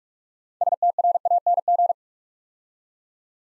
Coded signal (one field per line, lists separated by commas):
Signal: Morse code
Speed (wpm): 44 wpm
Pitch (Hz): 700 Hz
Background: none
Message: STRANG